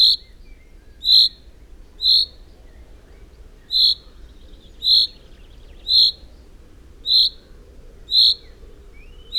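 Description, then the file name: Common chaffinch repeating short, ringing 'pink' notes, about one a second. "Fringilla coelebs"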